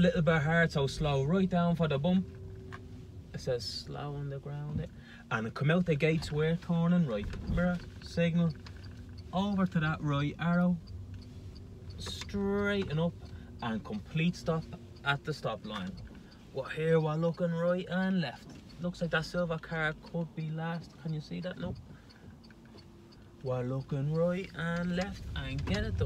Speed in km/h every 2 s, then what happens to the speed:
16, 9, 4, 8, 9, 11, 10, 2, 0, 0, 0, 1, 5.
0-3 brakes to 4. 13-21 standing.